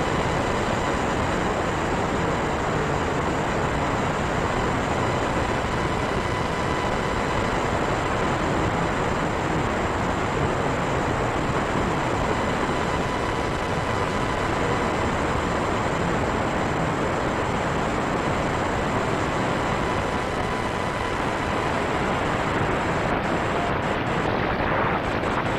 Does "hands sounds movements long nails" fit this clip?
no